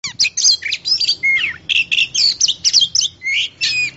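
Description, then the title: Oriental magpie-robin song with quick bursts of bright whistles, chattering notes and downward-slurred phrases, delivered in short rapid groups. Song of a champion singing bird. "Kicau Burung Kacer Juara"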